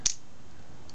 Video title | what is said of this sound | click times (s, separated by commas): MP 10 Optimus Prime Toys R Us pt 1 | pushes forward and it locks into place | 0.1 s